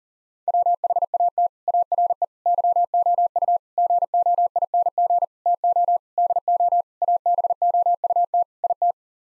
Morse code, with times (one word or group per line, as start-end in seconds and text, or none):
0.5-1.5 WHAT
1.7-2.2 ARE
2.5-3.6 YOU
3.8-5.2 GOING
5.5-6.0 TO
6.2-6.8 DO
7.0-8.4 ABOUT
8.6-8.9 IT